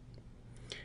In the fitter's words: part must snap in place and please note the fit it should fit very nicely and